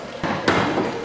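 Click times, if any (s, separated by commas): none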